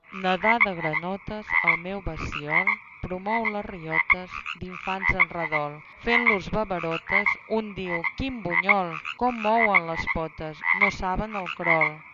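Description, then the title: Frog croaking: a dense series of rough calls in bursts, with only short pauses between them. "Les granotes"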